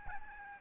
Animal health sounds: mosquito wingbeat signal from an infrared sensor; Aedes albopictus

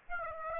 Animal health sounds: mosquito wingbeat signal from an infrared sensor; Aedes aegypti

